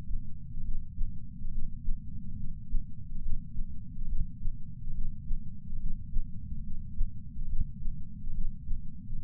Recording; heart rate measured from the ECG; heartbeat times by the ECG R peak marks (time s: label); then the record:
heart sounds by patch sensor on the chest; 70 bpm
0.60 s: heartbeat
1.47 s: heartbeat
2.33 s: heartbeat
3.18 s: heartbeat
4.04 s: heartbeat
4.90 s: heartbeat
5.75 s: heartbeat
6.60 s: heartbeat
7.44 s: heartbeat
8.30 s: heartbeat
9.15 s: heartbeat
From the record:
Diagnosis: coronary artery disease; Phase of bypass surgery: preoperative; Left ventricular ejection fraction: 53.1%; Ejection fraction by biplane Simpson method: 48.3%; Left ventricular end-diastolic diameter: 61 mm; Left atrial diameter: 40 mm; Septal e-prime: 7 cm/s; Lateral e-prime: 11.9 cm/s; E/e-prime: 9.8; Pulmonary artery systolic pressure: 34 mmHg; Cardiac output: 5.1 L/min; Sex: female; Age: 60 years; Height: 158 cm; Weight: 54 kg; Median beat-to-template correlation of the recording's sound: 0.90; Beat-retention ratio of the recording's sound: 1.00